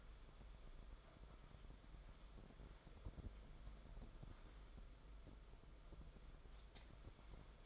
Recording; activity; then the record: daily activity, microphone in the room; wipe stove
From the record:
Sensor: 5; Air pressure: 994.6 hPa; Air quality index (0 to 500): 182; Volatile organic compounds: 1000 ppm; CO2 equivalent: 5328 ppm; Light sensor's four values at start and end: 42/126/50/55 and 41/120/48/52